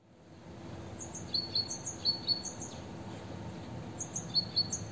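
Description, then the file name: Great tit: thin, very high notes in quick pairs, coming in short bursts separated by a pause, over a steady background hiss. "Parus major"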